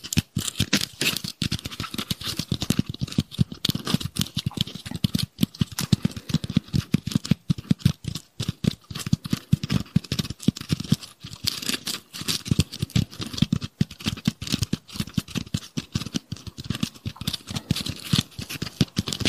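Tapping and scratching on Christmas decorations, a dense, continuous run of quick clicks and scrapes that never pauses for long. The taps come rapidly and unevenly, some sharper and louder than others, with a bright, crackly scratching texture running underneath throughout.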